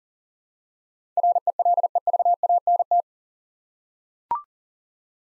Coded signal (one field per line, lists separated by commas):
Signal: Morse code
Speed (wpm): 40 wpm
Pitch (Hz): 700 Hz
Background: none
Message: RELEVANT